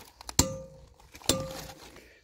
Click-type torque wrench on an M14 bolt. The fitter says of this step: Vous avez vu la vis serrée et le clic de clé d'environ 115 Nm pourrait être là.